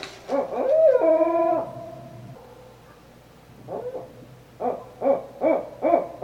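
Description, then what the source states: Barred owl hooting in a low, rough series, with a drawn-out wavering hoot early on and several short emphatic hoots near the end. Recorded 5 November 2011.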